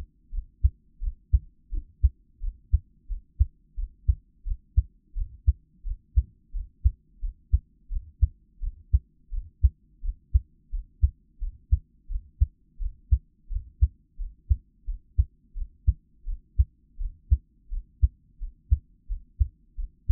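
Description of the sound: Steady, deep, paired thumps repeat evenly throughout, with no talking and only a faint low hum behind them. This is an adult's own heartbeat, heard close to the chest and kept quiet for Taiwanese ASMR relaxation listening.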